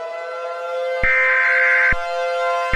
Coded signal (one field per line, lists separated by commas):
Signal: Emergency Alert System (SAME) tones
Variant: header bursts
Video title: EAS Mount Rainier Updated